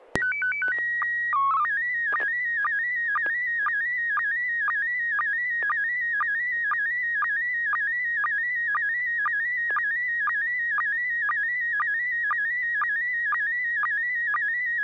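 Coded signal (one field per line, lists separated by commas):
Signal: SSTV (slow-scan television)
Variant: PD 120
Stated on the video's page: SSTV net on a 441.300 MHz FM repeater using MMSSTV software.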